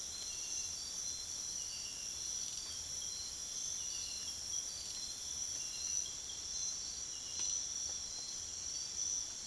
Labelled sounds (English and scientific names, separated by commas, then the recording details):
none
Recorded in secondary vegetation near Puerto Asís, Putumayo, Colombia, on 22 June 2025 at 04:30
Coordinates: 0.500, -76.326
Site GP08